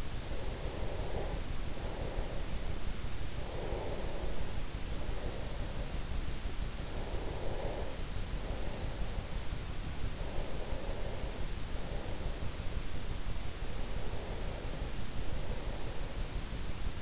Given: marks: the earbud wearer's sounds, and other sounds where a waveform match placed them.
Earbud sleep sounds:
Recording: sounds in sleep by an in-ear microphone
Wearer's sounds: breath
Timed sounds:
0.05-3.08 s: breath
3.48-9.82 s: breath
10.28-13.14 s: breath
13.82-17.02 s: breath

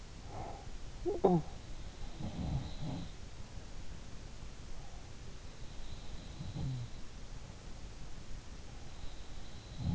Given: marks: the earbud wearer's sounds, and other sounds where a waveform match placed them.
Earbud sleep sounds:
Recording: sounds in sleep by an in-ear microphone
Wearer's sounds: breath, talking in sleep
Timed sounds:
0.00-0.72 s: breath
0.88-1.46 s: talking in sleep
2.22-3.15 s: sound from someone else or the room
6.31-6.92 s: sound from someone else or the room

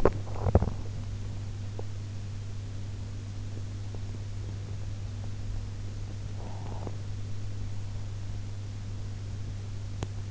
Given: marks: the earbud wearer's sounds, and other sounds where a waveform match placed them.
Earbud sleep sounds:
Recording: sounds in sleep by an in-ear microphone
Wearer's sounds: teeth grinding, breath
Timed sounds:
0.00-0.72 s: teeth grinding
6.32-6.96 s: breath
9.83-10.31 s: teeth grinding

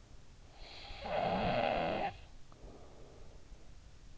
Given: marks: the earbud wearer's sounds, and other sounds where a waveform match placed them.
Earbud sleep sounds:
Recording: sounds in sleep by an in-ear microphone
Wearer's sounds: snoring breath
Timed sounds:
0.51-3.60 s: snoring breath

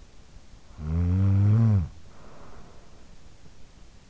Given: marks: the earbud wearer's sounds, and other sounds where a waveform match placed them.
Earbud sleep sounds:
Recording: sounds in sleep by an in-ear microphone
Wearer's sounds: snoring breath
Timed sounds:
0.39-3.17 s: snoring breath

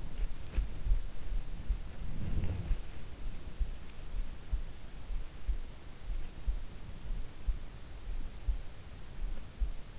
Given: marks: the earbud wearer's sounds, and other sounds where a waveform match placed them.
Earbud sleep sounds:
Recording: sounds in sleep by an in-ear microphone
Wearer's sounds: body movement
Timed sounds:
0.00-3.37 s: body movement

